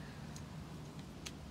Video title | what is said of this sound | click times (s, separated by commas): 2018 Seadoo RXTX 300 Winterization | feel it click go | 1.3 s